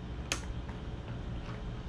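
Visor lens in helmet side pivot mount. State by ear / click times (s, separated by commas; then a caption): released / 0.3 s. A visor lens on an HJC C70 helmet is pulled backward and snaps free from its side pivot mount on the second side. A single sharp snap is heard at 0.3 s, followed by a fainter tick and low background hum, and the lens comes off easily.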